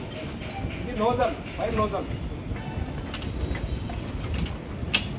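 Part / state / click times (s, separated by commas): fire nozzle onto fire hose coupling / seated / 4.9 s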